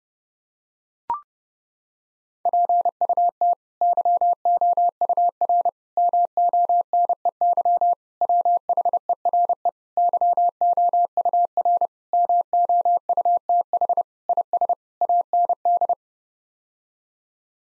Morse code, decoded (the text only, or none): PUT YOUR MONEY WHERE YOUR MOUTH IS AND